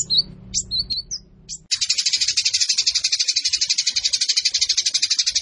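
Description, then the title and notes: Eurasian tree sparrow, first a few thin whistled notes over a low hum, then a sudden long burst of fast, harsh, buzzy chattering running steadily to the end. Fighting sparrow with long rapid-fire 'nembak panjang' delivery and clear voice, used to train birds for song competitions. "GEREJA TARUNG NEMBAK PANJANG SUARA JERNIH MASTERAN WAJIB BURUNG LOMBA. Burung Gereja"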